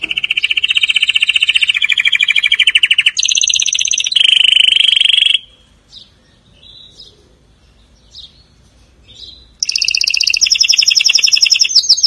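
Canary song: loud rattling trills at changing pitches, a pause with faint chips, then the rapid trill resumes at a higher pitch.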